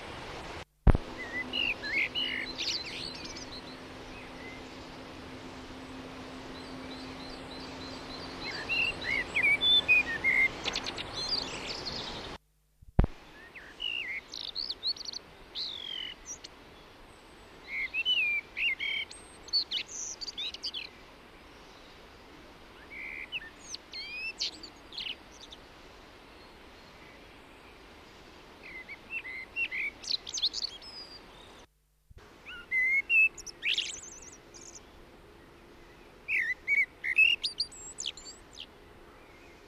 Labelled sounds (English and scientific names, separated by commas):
Common Blackbird (Turdus merula) song